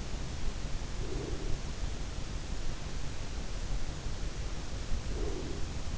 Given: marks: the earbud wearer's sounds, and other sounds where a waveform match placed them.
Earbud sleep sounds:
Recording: sounds in sleep by an in-ear microphone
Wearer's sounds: breath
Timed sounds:
0.77-2.11 s: breath
4.69-5.98 s: breath

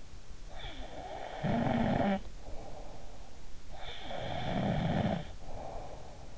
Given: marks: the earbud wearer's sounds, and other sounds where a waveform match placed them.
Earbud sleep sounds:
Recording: sounds in sleep by an in-ear microphone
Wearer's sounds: snoring breath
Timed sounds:
0.52-3.16 s: snoring breath
4.10-6.14 s: snoring breath

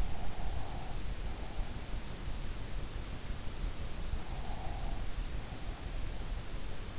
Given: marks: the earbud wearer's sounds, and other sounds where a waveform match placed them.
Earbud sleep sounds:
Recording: sounds in sleep by an in-ear microphone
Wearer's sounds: breath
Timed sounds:
0.00-1.00 s: breath
4.30-5.06 s: breath

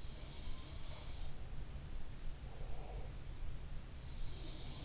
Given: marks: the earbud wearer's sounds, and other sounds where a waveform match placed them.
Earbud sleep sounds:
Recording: sounds in sleep by an in-ear microphone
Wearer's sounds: breath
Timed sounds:
0.06-1.37 s: sound from someone else or the room
2.35-3.31 s: breath
4.12-4.85 s: sound from someone else or the room

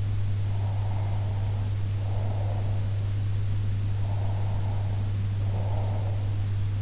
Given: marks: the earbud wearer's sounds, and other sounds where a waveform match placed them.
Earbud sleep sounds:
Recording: sounds in sleep by an in-ear microphone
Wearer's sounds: breath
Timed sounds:
0.40-3.03 s: breath
3.89-6.32 s: breath

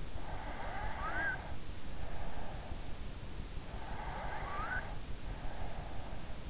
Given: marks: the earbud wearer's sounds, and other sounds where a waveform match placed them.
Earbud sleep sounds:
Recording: sounds in sleep by an in-ear microphone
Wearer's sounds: snoring breath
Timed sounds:
0.39-2.56 s: snoring breath
3.76-6.45 s: snoring breath

